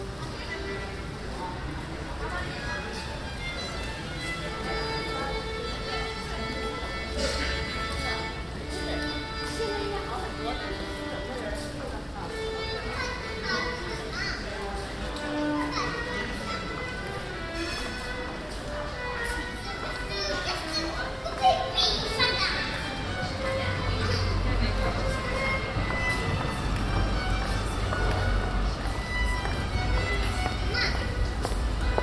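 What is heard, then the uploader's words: Viola melody over pedestrian chatter and footsteps in a busy passageway, with cyclists passing and low traffic rumble swelling in the last third. Pedestrians, cyclists and a violist at the Turfmarkt; a passageway between the Central Station and the city centre.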